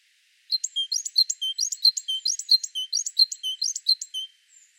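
Great tit song: a bright two-part phrase, a sharp high note followed by a lower clear whistle, repeated rhythmically many times without pause.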